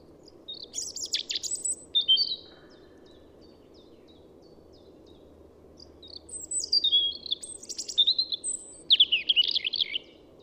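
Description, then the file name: European robin giving two bursts of high, wistful warbling song separated by a pause of several seconds, each made of quick twittering trills and thin, high piping notes. "Erithacus rubecula"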